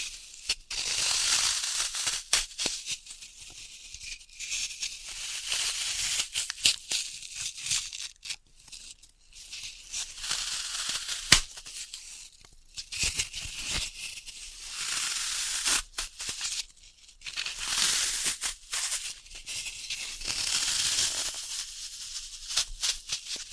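Floral foam being cut and crushed: dense, crisp crumbling and scraping hiss in bursts, broken by brief pauses and a sharp tap near eleven seconds.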